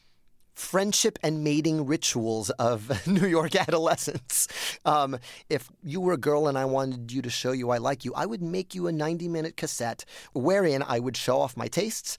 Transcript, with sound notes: friendship and mating rituals of New York adolescents (laughter). If you were a girl and I wanted you - to show you I like you, I would make you a 90-minute cassette wherein I would show off my tastes.